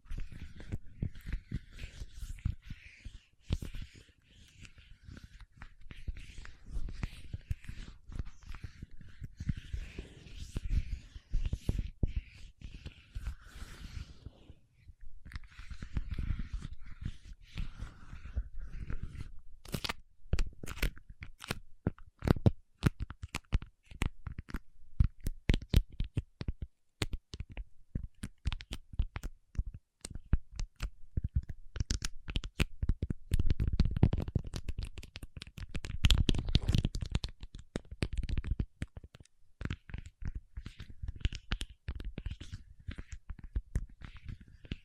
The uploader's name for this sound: Paraffin Wax Peeling, Tapping and Scratching